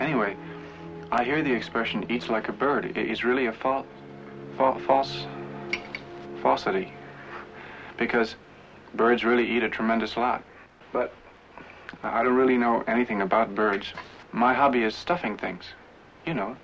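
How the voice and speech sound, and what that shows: Halting adult male speech with a repeated, drawn-out 'f' sound and long pauses: acted stammering and stuttering showing nervousness, performed by a man in a film; the stammers and stutters were the actor's own idea.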